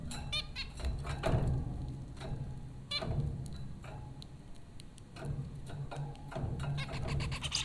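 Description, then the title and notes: Zebra finch calls, brief nasal harmonic beeps given in loose bursts, with ticking sounds and a low hum beneath. Zebra finches recorded by Dan Bodah at Popcorn School, Flatbush, Brooklyn, New York, in April 2009. "Dronecast: The Popcorn Finches Four from Apr 15, 2009. Zebra finches recorded by Dan Bodah at Popcorn School, Flatbush, Brooklyn NY in April 2009"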